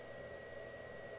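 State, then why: Not seated. A small speaker is handled as it is pressed toward its housing or mount, over a steady noisy hum with a thin high tone and a broad midrange band. No click is heard, and nothing has seated or clicked yet.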